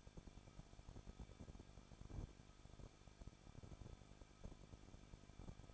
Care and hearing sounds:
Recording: daily activity, microphone in the room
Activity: no activity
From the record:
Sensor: 5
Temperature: 20.9 degrees Celsius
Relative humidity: 38.2%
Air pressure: 1006.4 hPa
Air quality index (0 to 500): 187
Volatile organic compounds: 18 ppm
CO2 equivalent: 2621 ppm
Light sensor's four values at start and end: 2/3/1/1 and 2/3/1/1

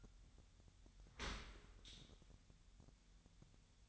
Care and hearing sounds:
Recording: daily activity, microphone in the room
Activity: open dishwasher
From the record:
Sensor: 3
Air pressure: 1006.7 hPa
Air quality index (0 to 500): 207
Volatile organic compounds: 19 ppm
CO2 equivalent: 2639 ppm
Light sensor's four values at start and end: 10/24/10/10 and 10/24/10/10

